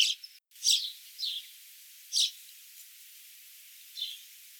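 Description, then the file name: House sparrow: a few sharp, separate chirps spaced irregularly, up to about two seconds apart. "Passer domesticus"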